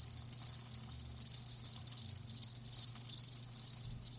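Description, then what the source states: Crickets chirp in repeated high pulsed bursts over a faint low hum. Live crickets chirping, a lulling song.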